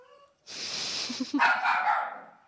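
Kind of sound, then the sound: animal, dog barking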